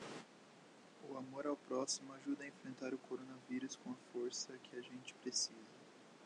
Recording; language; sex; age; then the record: spoken sentence; Brazilian Portuguese; male; 20 to 29 years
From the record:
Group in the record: control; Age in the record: 25 years